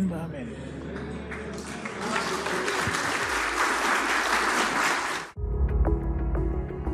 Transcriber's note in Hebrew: מחיאות כפיים